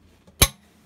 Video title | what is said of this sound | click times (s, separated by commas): Philips 100W Pulse Start Ceramic Metal Halide Bulb | right there is to snap it in place so if I hear this it snaps in place | 0.4 s